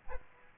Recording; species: mosquito wingbeat signal from an infrared sensor; Aedes aegypti